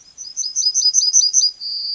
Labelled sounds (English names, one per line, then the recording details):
Yellowhammer song
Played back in forest
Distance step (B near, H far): B
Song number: 107